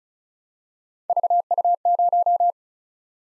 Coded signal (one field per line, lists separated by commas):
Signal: Morse code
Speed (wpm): 36 wpm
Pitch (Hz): 700 Hz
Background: none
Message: VU0